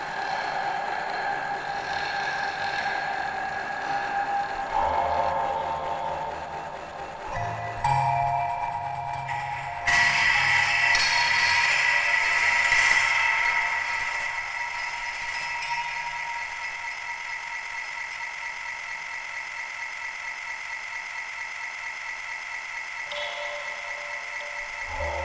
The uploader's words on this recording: Various spring-loaded devices and EFX. Recorded live.